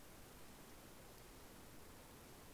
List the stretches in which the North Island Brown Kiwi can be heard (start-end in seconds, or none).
none